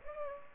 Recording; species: mosquito wingbeat signal from an infrared sensor; Culex pipiens